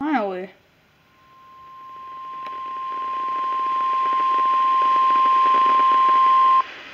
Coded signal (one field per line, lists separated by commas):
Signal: Emergency Alert System (SAME) tones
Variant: 1050 Hz attention tone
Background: speech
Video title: Severe Thunderstorm Warning (EAS #170)